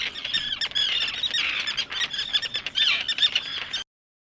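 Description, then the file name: Common terns uttering raucous, scratchy cries in a thick overlapping chorus that stops abruptly just before the end. "Flusseeschwalben"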